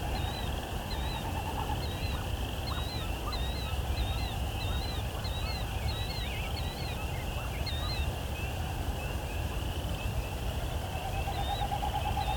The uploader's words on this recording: Evensong. At sunset in some locations, an auditory compliment to the dawn chorus occurs.